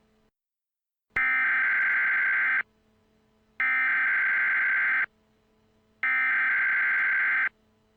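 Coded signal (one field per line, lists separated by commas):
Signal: Emergency Alert System (SAME) tones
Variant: header bursts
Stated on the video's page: Fictional EAS scenario.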